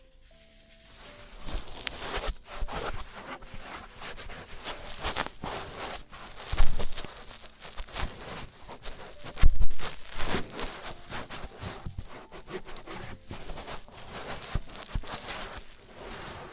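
Traditional Chinese ear cleaning and earwax removal, heard as a dense run of scratchy, rustling scrapes that continue almost without pause. Sharper crackling bursts stand out near the 6.5 and 9.5 second marks, and a faint low tone sounds briefly at the very start.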